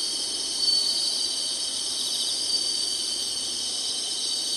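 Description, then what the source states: Insects trilling together in a constant high-pitched shimmer, steady and unbroken for the whole short stretch. Singing, in summer.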